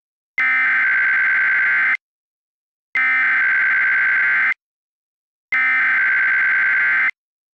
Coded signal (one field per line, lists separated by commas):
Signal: Emergency Alert System (SAME) tones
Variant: header bursts